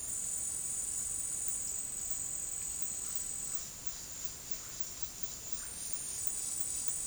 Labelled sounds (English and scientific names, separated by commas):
none